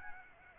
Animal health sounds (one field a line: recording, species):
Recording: mosquito wingbeat signal from an infrared sensor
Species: Aedes albopictus